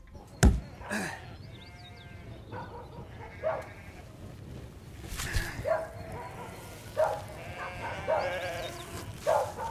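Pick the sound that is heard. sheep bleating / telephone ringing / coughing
sheep bleating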